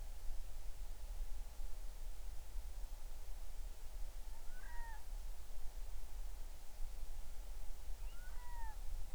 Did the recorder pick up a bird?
yes